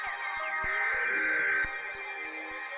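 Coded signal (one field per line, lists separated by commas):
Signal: Emergency Alert System (SAME) tones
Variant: header bursts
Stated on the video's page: Real EAS alerts.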